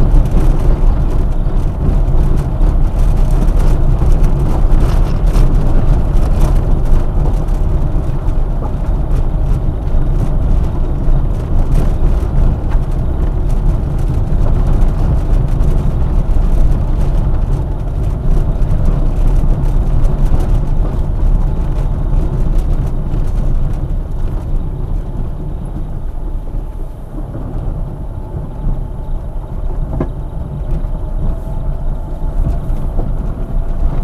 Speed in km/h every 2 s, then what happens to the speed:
25, 24, 25, 25, 27, 27, 27, 26, 24, 22, 20, 13, 8, 12, 9, 12, 15.
0-15 steady at about 25. 15-23 slows to 8. 23-34 steady at about 12.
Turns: 23-32.